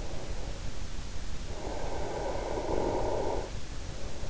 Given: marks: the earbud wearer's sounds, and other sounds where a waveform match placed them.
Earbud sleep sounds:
sounds in sleep by an in-ear microphone; snoring breath
0.46-3.77 s: snoring breath

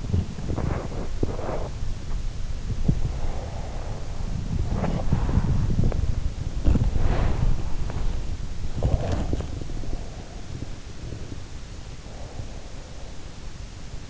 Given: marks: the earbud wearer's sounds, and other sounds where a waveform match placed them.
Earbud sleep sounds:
sounds in sleep by an in-ear microphone; body movement, breath
0.00-14.10 s: body movement
3.15-4.39 s: breath

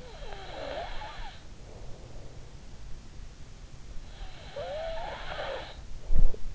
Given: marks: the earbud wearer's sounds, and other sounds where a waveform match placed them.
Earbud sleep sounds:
sounds in sleep by an in-ear microphone; snoring breath
0.00-2.56 s: snoring breath
4.36-6.55 s: snoring breath

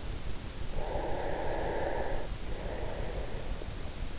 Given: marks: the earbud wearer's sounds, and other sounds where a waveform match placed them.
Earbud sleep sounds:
sounds in sleep by an in-ear microphone; breath
0.40-3.76 s: breath

